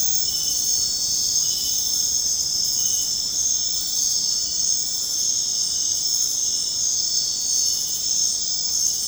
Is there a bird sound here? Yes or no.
no